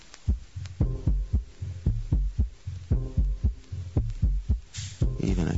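Deep, regular paired thumps of an adult's heartbeat, about 60 cycles a minute, with a steady low hum underneath. A burst of hiss and noise comes in near the end.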